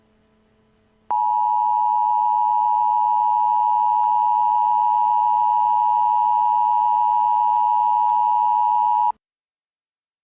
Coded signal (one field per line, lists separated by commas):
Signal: Emergency Alert System (SAME) tones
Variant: 853 and 960 Hz attention tone